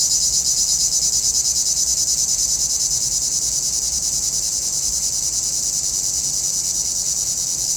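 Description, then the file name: Cicadas producing a continuous piercing buzz, pulsed in quick regular beats throughout. Cicadas heard in a pinewood. "Relaxing Music Therapy - Sounds from a Pinewood Cicadas"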